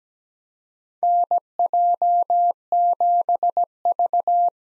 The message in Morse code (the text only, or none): NJ7V